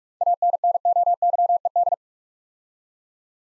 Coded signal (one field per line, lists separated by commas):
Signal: Morse code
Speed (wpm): 44 wpm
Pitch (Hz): 700 Hz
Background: none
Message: ANNOYED